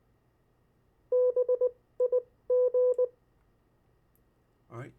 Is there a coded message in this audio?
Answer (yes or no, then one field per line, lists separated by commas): yes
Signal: Morse code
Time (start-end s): 1.1-3.1 s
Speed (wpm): 19 wpm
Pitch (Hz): 500 Hz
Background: speech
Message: BIG